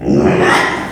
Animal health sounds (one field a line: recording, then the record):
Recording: squeal of a Yucatan mini pig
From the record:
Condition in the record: after surgery on the right vocal fold (resection and tissue-engineered implant)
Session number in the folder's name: 3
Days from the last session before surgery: 33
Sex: male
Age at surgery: 12 weeks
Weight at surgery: 13 kg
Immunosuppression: cyclosporine, prednisolone